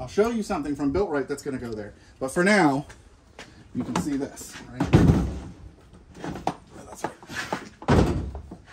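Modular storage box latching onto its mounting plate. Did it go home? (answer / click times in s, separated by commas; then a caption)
yes / 6.5 s. A plastic Milwaukee Packout modular storage box, for the first-aid kit area of a roadside assistance setup, is set down onto its mounting plate while someone talks. Its latch snaps shut with a sharp click at 6.5 s, followed by a few lighter knocks and clicks. The box is locked into place on the mount.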